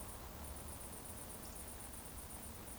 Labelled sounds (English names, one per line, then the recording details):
Eurasian Woodcock whistle
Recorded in Baden-Württemberg, Germany, on 24 June 2020 at 20:35 UTC
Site 14569, 102 m above sea level